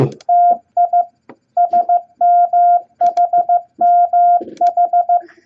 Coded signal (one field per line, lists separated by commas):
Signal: Morse code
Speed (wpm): 15 wpm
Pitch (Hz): 700 Hz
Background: none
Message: TI SMHMH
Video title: Morse Code Practice Beginner Set EISHTMO At 15 Words Per Minute #3!